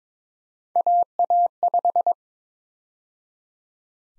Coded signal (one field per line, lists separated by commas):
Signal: Morse code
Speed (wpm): 22 wpm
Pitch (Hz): 700 Hz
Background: none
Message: AA5